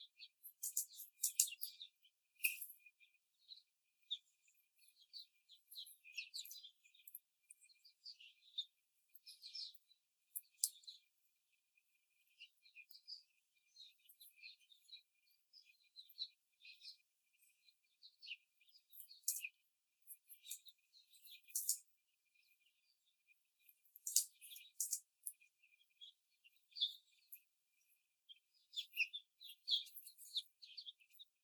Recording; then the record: young laying hens in a cage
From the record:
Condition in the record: before the stressor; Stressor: simulated dog barking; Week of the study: 4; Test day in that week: 2